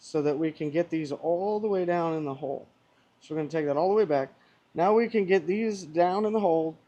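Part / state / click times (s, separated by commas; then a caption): magnetic tip of a lifter holding tool onto a steel engine lifter / not seated / none. A man talks while handling a magnetic lifter-holding tool, backing its threaded section all the way out so the magnetic tips can go down into the lifter bores of a Harley Davidson M8 motorcycle engine. Only speech with short pauses is heard. The magnetic tips have not yet clicked onto the steel lifters.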